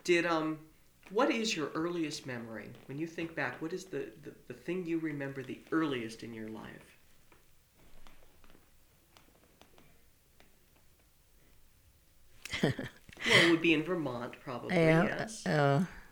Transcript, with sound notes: Did, um, what is your earliest memory, when you think back, what is the thing you remember the earliest in your life? (laughs) Well, it would be in Vermont, probably, yes?
Uh,